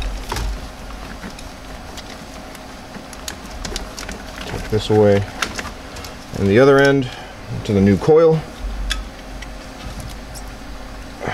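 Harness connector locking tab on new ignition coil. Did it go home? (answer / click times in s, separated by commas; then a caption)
yes / 8.9 s. The other end of a wiring harness is connected to a new ignition coil during a TJ/LJ Viper coil mod with coil rail delete, and the plastic locking tab is pushed back in. Someone talks while faint light ticks and handling sounds come and go. A single sharp click at 8.9 s marks the locking tab snapping in, seating the connector.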